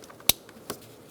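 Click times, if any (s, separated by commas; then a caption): 0.3 s. A plastic electrical connector for the radiator cooling fan on a 2012–2018 Ford Focus is pushed onto the fan motor's mating plug during an AC condenser and receiver drier assembly replacement. It clicks in with a loud, sharp click at 0.3 s, followed by a softer tick at 0.7 s. The fan connector is seated.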